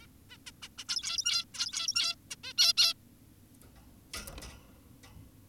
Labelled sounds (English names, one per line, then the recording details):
Zebra Finch
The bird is an adult
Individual g17y2U